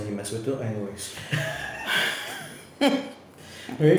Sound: laughter